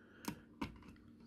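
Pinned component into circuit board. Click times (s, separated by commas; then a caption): 0.6 s. A component's pins are lined up and pressed into a circuit board during the build of an LED game kit. A sharp click is heard at 0.3 s, then a louder snap at 0.6 s as the part seats firmly and will not move if the board is turned over. Fainter ticks follow.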